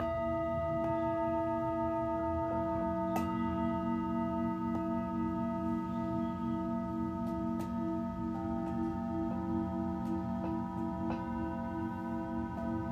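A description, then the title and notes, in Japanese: Singing bowls ring in a sustained, steady hum, their low tones layered with a few clear higher overtones that hold throughout. Small sharp ticks and taps land irregularly over the drone, about once every second or two, with a low rumble underneath. 春分 メキシコから シンギングボウルのサウンドヒーリング。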